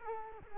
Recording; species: mosquito wingbeat signal from an infrared sensor; Culex quinquefasciatus